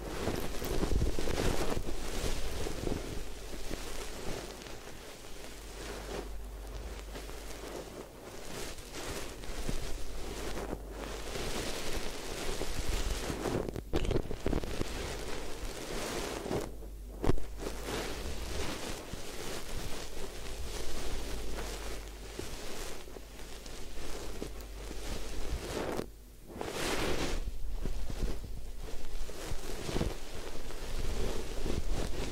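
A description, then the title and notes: A head spa hair wash: a thick, hissing rush of sprayed water runs through nearly the whole clip, swelling and easing slightly. It drops out briefly near 14, 17 and 26 seconds. A low, steady hum sits underneath until about 26 seconds. Head Spa Hair Wash, Massage, Ear Cleaning.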